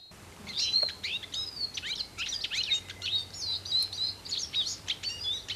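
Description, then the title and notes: Eurasian Siskin song: rapid twittering chirps and trills mixed with drawn-out wheezy whistles, running continuously, over a faint low rumble. Song is a modest twittering. "Vihervarpunen. Riku Lumiaro"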